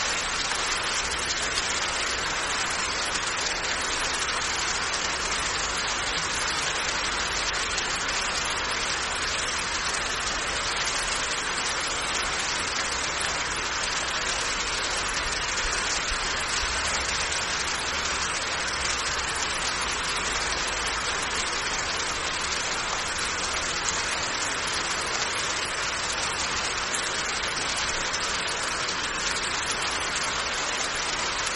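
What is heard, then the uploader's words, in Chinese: Heavy rain pours steadily in a forest, a dense, unbroken hiss strongest in the bright upper range, with no thunder or change throughout. 森林大雨。雷雨声。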